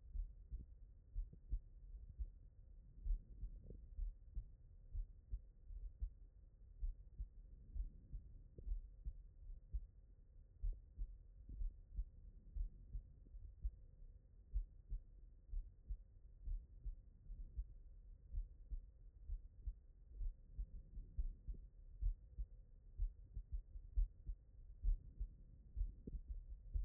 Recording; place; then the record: heart sounds by stethoscope; tricuspid valve (TV)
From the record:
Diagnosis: non-HFrEF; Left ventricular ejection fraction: 56%